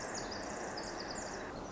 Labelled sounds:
Pacific Wren
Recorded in Sonoma County, California

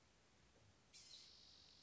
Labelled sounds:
Blue-gray Gnatcatcher
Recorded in Sonoma County, California

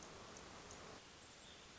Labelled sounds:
Hermit Thrush
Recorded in Sonoma County, California

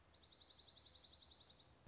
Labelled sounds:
Dark-eyed Junco
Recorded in Sonoma County, California

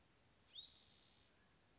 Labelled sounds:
Spotted Towhee
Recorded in Sonoma County, California

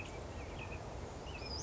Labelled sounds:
Western Flycatcher
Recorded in Sonoma County, California

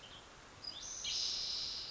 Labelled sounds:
Western Tanager
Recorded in Sonoma County, California

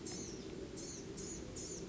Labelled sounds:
Blue-gray Gnatcatcher
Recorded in Sonoma County, California

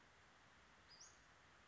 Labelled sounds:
Western Flycatcher
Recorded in Sonoma County, California

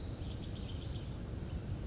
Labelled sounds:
Bewick's Wren
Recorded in Sonoma County, California

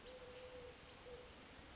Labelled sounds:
Eurasian Collared Dove
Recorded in Sonoma County, California

